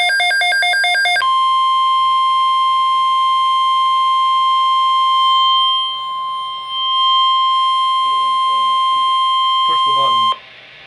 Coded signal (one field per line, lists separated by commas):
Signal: Emergency Alert System (SAME) tones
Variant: 1050 Hz attention tone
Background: speech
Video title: Real EAS #508 - Severe Thunderstorm Watch